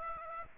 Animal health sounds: mosquito wingbeat signal from an infrared sensor; Aedes aegypti

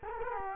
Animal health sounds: mosquito wingbeat signal from an infrared sensor; Culex quinquefasciatus

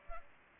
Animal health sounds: mosquito wingbeat signal from an infrared sensor; Aedes aegypti

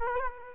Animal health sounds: mosquito wingbeat signal from an infrared sensor; Culex quinquefasciatus

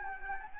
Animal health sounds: mosquito wingbeat signal from an infrared sensor; Anopheles arabiensis

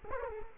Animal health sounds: mosquito wingbeat signal from an infrared sensor; Culex quinquefasciatus

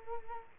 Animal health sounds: mosquito wingbeat signal from an infrared sensor; Culex quinquefasciatus

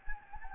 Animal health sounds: mosquito wingbeat signal from an infrared sensor; Anopheles gambiae

